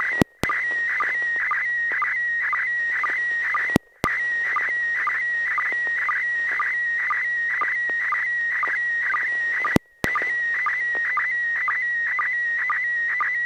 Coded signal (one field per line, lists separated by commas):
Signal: SSTV (slow-scan television)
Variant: PD 120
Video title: N6NA SSTV Net - 09/07/2022